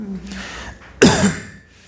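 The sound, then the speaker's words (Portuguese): A boy gives a single sharp cough, a sudden harsh burst that trails off quickly, preceded by a soft breathy throat sound. “Quem tossiu foi o menino, tá?”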